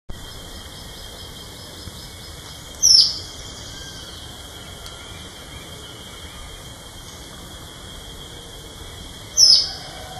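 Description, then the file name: Greenish elaenia: two brief, sharp, high downslurred calls roughly six and a half seconds apart against a continuous high buzzing drone. Recorded at San Sebastian de la Selva on 31 March 2013. "Myiopagis-viridicata 2013-03-31 San-Sebastian-de-la-Selva Jorge-La-Grotteria"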